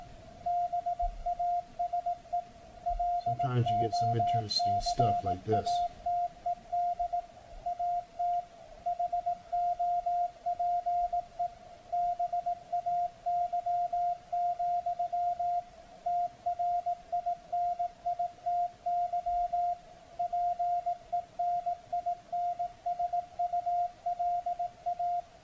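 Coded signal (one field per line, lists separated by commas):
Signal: Morse code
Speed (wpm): 18 wpm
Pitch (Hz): 700 Hz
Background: speech, radio noise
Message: BASE LOCATED AT HOPE BAY, TRINITY PENINSULA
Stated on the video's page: CW received on 7047.505 kHz with an SDRplay RSPdx receiver.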